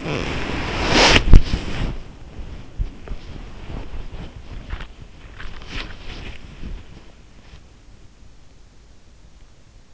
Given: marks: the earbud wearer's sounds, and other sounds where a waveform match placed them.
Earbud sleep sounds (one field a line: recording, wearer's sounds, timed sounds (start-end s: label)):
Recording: sounds in sleep by an in-ear microphone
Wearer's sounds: body movement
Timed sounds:
0.00-2.07 s: body movement
2.16-7.50 s: body movement